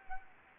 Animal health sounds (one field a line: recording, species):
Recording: mosquito wingbeat signal from an infrared sensor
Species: Anopheles arabiensis